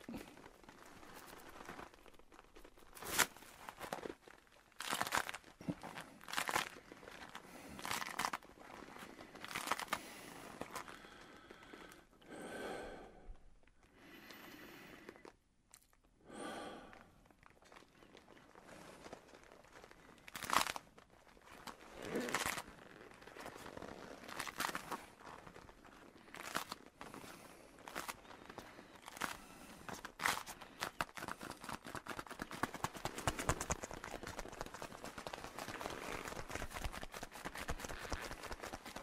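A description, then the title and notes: Leather coat creaks and rustles, with soft crinkling and sharp little crunches coming in quick, uneven bursts. The handling settles briefly around the middle before picking up again, denser and steadier through the final stretch. The gentle sounds of his leather coat and a beautiful land octopus.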